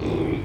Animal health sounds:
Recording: contact call of a hoofed animal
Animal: pig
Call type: closed-mouth grunt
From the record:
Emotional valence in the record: negative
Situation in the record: short social isolation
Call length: 0.45 s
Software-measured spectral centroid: 1240 Hz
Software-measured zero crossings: 830 a second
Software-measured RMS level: -24 dBFS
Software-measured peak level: -12 dBFS

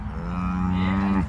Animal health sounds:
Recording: contact call of a hoofed animal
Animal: cattle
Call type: low-frequency (closed-mouth) or high-frequency (open-mouth) call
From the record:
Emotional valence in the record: negative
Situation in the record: full separation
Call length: 1.29 s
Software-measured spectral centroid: 1320 Hz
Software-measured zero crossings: 680 a second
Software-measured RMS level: -24 dBFS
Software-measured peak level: -12 dBFS

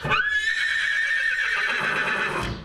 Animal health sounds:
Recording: contact call of a hoofed animal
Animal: horse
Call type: whinny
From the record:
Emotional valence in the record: positive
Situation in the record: reunion with the whole group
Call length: 2.7 s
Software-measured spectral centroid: 2490 Hz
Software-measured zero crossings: 3500 a second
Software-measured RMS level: -24 dBFS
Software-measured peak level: -10 dBFS

